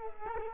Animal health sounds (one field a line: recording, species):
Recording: mosquito wingbeat signal from an infrared sensor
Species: Culex quinquefasciatus